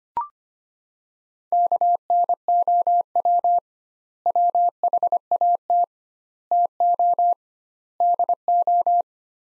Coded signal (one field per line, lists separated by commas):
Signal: Morse code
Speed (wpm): 25 wpm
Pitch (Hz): 700 Hz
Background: none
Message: KNOW WHAT TO DO